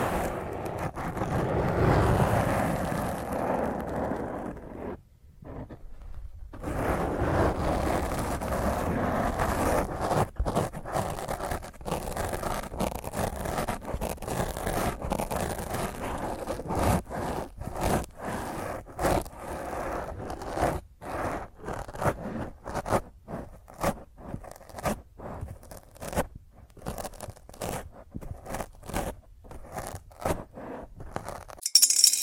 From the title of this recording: Intense Rough Mic Scratch using HandNails